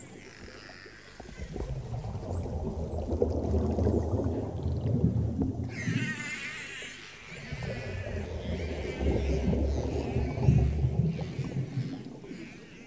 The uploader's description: Let the gentle waves wash over you as you listen to the whales and dolphins singing in the distance.